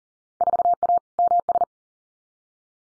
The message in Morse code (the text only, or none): 4A MS